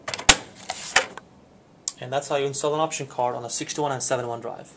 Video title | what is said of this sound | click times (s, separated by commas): Installing an Option Card into ATV61 or ATV71 Drives - Schneider Electric Support | ensin ja paina kunnes kuulet naksahduksen Näin | 0.3 s